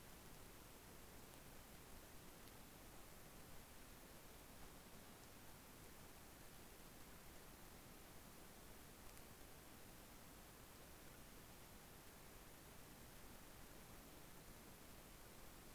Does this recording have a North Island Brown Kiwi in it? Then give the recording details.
no. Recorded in New Zealand on 12 February 2013. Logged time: 22:59. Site DH65